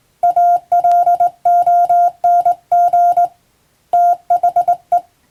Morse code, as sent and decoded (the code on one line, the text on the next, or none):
.- .-.. --- -. --. / - .... .
ALONG THE